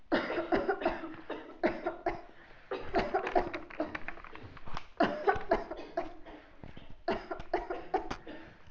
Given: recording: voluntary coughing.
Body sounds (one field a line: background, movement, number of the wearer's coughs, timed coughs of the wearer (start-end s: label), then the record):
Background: a bystander coughing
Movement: walking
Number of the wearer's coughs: 14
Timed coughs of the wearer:
0.09-0.49 s: cough
0.49-0.80 s: cough
0.83-1.10 s: cough
1.61-1.98 s: cough
2.03-2.36 s: cough
2.92-3.23 s: cough
3.33-3.64 s: cough
3.77-4.04 s: cough
4.97-5.33 s: cough
5.48-5.76 s: cough
5.95-6.20 s: cough
7.05-7.39 s: cough
7.51-7.82 s: cough
7.91-8.24 s: cough
From the record:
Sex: female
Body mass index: 18.8 kg/m2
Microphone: on the chest, facing outward